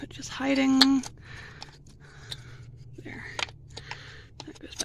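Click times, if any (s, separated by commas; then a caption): 4.4 s. Someone talks while an engine wiring-harness plastic connector is pushed back onto its sensor socket during reassembly of the intake on a 2002 Ford Ranger 2.3L. Faint handling ticks and rustles follow, and a sharp snap at 4.4 s marks the connector seating, with a few smaller clicks after it.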